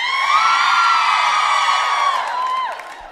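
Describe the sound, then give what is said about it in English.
A crowd of women screams and cheers in a loud, sustained, high-pitched roar that holds steady for about three seconds before trailing off. “Back in the 70s, when I'd sing this next line, all the ladies would scream, "Someone help me!"”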